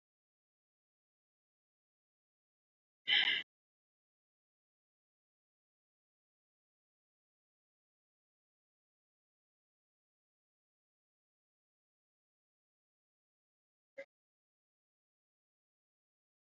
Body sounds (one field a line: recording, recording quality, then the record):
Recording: shallow breathing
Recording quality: poor, much background noise or distortion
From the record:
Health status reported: healthy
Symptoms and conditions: none ticked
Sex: male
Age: 57 years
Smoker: not ticked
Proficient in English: yes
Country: India